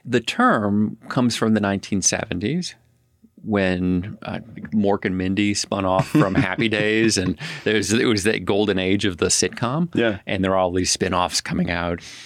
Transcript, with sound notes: The term comes from the 1970s when Mork and Mindy spun off from Happy Days.
[Laughs] Yeah.
And it was that golden age of the sitcom, and there are all these spin-offs coming out.